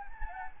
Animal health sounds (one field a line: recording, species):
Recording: mosquito wingbeat signal from an infrared sensor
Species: Anopheles gambiae